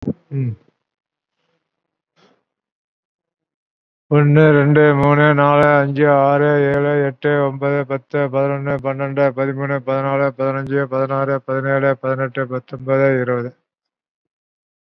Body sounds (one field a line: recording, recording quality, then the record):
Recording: counting at a fast pace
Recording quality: excellent, no background noise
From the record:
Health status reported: COVID-19 positive, mild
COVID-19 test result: positive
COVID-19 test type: RT-PCR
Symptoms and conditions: cough, muscle pain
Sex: male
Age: 52 years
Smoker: no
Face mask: worn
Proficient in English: no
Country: India